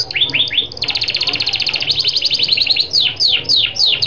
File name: canto do canario lancashire